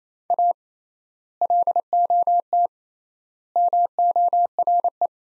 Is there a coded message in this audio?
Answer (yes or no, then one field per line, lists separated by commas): yes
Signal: Morse code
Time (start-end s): 0.3-5.1 s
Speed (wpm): 28 wpm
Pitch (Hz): 700 Hz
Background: none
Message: A LOT MORE